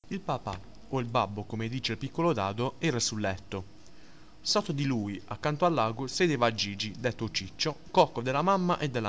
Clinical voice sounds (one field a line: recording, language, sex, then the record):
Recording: read passage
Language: Italian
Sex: male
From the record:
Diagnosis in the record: healthy control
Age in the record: 19 years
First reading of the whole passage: 43 s, 12.0 characters per second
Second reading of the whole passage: 41 s, 12.5 characters per second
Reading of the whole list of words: 37 s, 7.7 characters per second